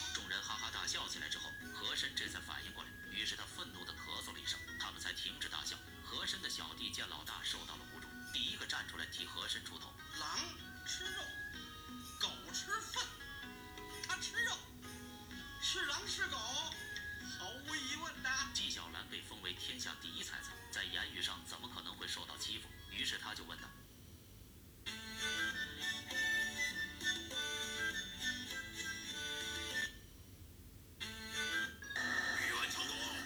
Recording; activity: daily activity, guitar pickup as the sensor; browse video